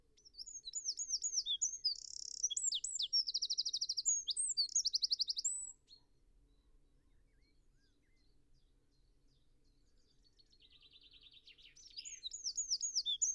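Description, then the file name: Eurasian wren song of high chirps and rattling trills, then several seconds of quiet before a thin trill and song start again. "Troglodytes troglodytes"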